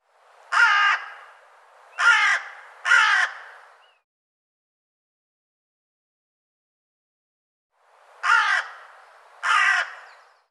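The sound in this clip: Bird calling with harsh, raspy caws: three, a pause of several seconds, then two more.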